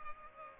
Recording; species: mosquito wingbeat signal from an infrared sensor; Culex pipiens